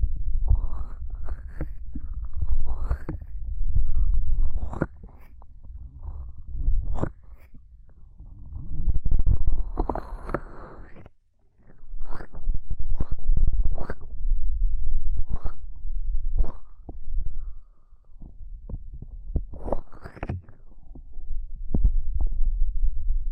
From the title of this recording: Extremely Tingly Ear Cupping Triggers